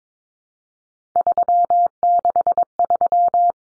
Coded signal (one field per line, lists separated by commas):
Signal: Morse code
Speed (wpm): 22 wpm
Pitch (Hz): 700 Hz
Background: none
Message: 363